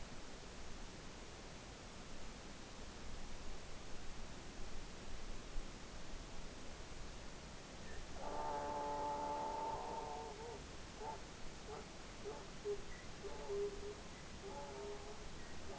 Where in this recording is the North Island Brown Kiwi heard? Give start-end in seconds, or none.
none